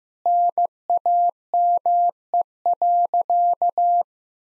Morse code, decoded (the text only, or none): NAME.